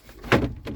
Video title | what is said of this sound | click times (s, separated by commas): #ZippyTheCampervan! Ford Transit MK6 campervan conversion | out again locks into place and that's my double bed frame | 0.3 s